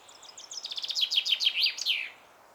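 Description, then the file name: Common chaffinch sings a lively descending trill of sharp repeated notes, finishing with an emphatic flourish, over faint background hiss. "Fringilla coelebs"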